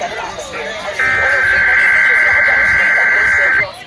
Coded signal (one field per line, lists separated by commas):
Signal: Emergency Alert System (SAME) tones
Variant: header bursts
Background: speech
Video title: EAS- End of September Tests: EAS Tests on (9/24/25)